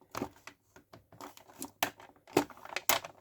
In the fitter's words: May just need to wriggle some of the clips in.